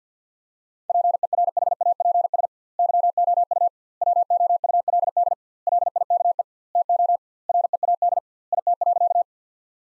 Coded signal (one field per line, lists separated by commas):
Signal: Morse code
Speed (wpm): 50 wpm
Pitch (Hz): 700 Hz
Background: none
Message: PERHAPS YOU WOULD LIKE TO READ IT.